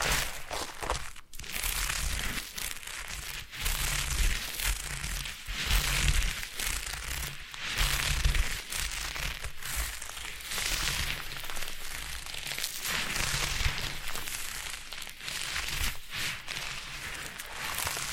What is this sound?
Foam Massage